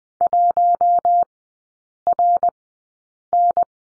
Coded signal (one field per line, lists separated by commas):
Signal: Morse code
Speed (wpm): 20 wpm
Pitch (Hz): 700 Hz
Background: none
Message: 1RN